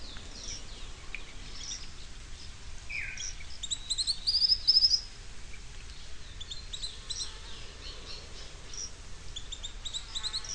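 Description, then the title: Bird song: a high, thin whistled phrase near the middle, with scattered chirps from other birds throughout and a steady background hiss. "LuckyPassaro Completos2Sama"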